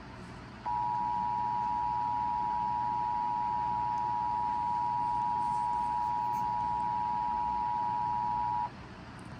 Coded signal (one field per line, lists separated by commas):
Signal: Emergency Alert System (SAME) tones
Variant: 853 and 960 Hz attention tone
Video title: EAS Tornado Warning Maury County TN 5_8_2024